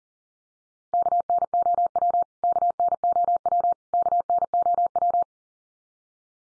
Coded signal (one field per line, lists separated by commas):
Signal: Morse code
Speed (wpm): 40 wpm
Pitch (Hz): 700 Hz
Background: none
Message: KNOW KNOW KNOW